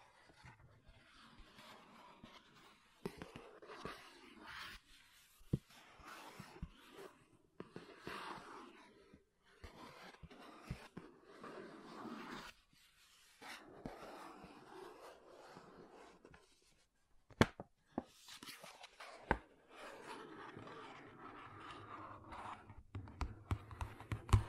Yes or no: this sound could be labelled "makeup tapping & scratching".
yes